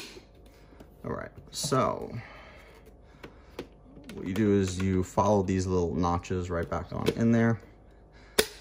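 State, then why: Seated. Someone talks while a plastic component is slid along its guide notches into the body of a PRETTYCARE 27KPa 6-in-1 cordless stick vacuum cleaner. It is pushed in until a sharp click sounds at 8.4 s, showing the part is seated and definitely in place.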